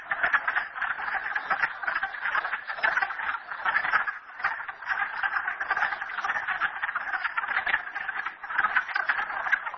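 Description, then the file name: Frog chorus, overlapping trilled croaks forming a constant rattling din, slightly dipping in loudness midway. Frogs recorded at Merryspring. "frogs merryspring 42008"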